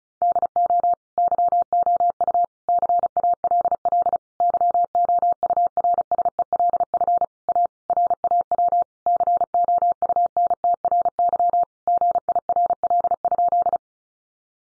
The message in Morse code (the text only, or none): DO YOU CALL YOURSELF A RAW COUNTRY GIRL?